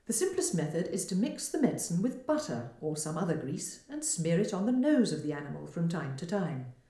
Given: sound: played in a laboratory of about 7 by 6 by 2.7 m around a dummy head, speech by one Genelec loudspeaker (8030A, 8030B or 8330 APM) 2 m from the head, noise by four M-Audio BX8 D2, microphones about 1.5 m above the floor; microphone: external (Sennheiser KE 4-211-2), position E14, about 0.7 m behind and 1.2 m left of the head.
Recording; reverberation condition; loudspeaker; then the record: female speech in English; medium; 150 degrees to the left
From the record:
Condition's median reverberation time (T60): about 510 ms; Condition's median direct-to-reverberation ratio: about -0.5 dB